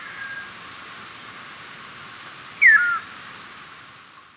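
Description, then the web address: Chestnut-crowned Antpitta giving one brief falling whistle over a steady hiss of background noise. Recorded in Ecuador. "Birds of Ecuador. Chestnut-crowned Antpitta"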